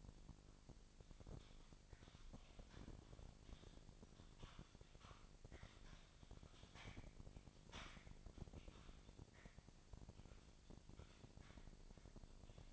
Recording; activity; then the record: daily activity, microphone in the room; typing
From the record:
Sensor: 5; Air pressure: 999.3 hPa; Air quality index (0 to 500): 229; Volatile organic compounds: 24 ppm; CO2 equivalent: 2798 ppm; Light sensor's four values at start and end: 34/79/31/30 and 34/79/31/30